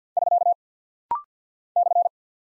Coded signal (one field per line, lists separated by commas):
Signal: Morse code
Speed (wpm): 50 wpm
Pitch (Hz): 700 Hz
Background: none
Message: <SK> /